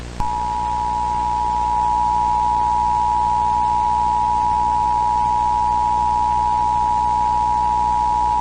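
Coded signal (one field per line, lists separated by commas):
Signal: Emergency Alert System (SAME) tones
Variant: 853 and 960 Hz attention tone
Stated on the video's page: Fictional EAS scenario.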